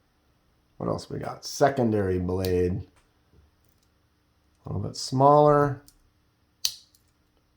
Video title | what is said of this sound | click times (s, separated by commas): Another Project Knife Unboxing?! Different Project!? | nice click the walk and talk they call it boom boom so | 6.7 s